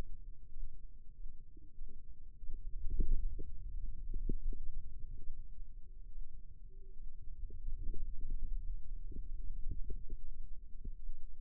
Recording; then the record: forearm muscle sounds (acoustic myography)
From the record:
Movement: radial deviation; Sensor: system 2, bracelet of six BSWA MPA416 microphones around the upper forearm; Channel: 1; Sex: female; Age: 25 years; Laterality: right